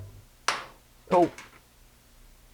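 An EV4U shift rod bushing on a VW Karmann Ghia/Beetle is worked into the shift rod hanger with a spreader tool until it snaps into place with a sharp click at 0.5 s. Someone then talks briefly. The bushing is seated.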